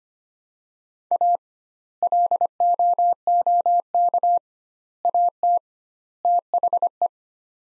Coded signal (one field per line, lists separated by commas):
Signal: Morse code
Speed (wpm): 25 wpm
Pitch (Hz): 700 Hz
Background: none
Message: A LOOK AT THE